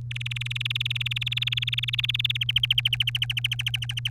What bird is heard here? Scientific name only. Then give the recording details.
Serinus canaria. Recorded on 3 May 2018 at 10:36. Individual llb3